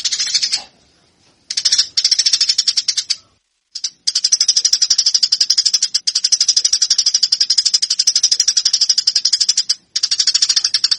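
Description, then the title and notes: Eurasian tree sparrow fighting chatter, harsh chirps repeated rapidly in long runs broken by a few short gaps. Fighting call of tree sparrows, used as a master training recording for birds. "GEREJA TARUNG. burung gereja"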